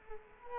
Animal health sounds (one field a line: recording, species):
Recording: mosquito wingbeat signal from an infrared sensor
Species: Culex quinquefasciatus